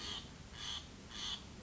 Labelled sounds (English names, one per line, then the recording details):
Steller's Jay
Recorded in Sonoma County, California